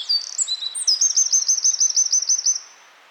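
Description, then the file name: Eurasian wren song: high whistled notes lead into a loud, fast trill of evenly repeated sharp notes lasting about one and a half seconds, then silence. "Troglodytes troglodytes"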